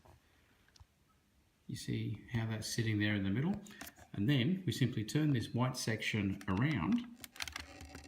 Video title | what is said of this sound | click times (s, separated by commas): Syma Drone Quadcopter blade replacement. Here on an X8 | And here you can hear that click. That is now locked into place, | 7.4 s